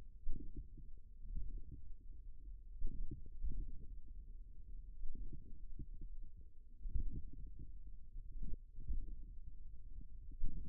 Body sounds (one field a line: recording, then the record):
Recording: forearm muscle sounds (acoustic myography)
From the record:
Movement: finger pinch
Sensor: system 1, eight BSWA MPA416 microphones around the upper forearm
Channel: 8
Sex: male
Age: 41 years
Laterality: right